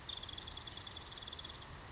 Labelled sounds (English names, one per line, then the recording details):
Nuttall's Woodpecker
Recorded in Sonoma County, California